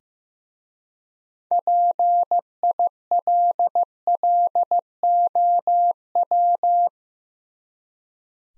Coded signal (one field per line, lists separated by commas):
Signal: Morse code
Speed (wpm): 15 wpm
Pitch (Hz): 700 Hz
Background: none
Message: PILLOW